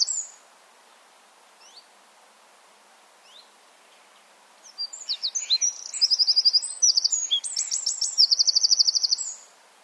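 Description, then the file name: Eurasian wren song: a few faint high notes, then a loud, fast cascade of shrill trills and buzzy rattles running about five seconds. "Troglodytes troglodytes"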